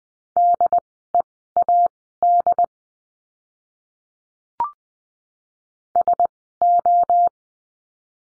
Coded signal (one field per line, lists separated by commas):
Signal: Morse code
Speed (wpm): 20 wpm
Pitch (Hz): 700 Hz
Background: none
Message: DEAD SO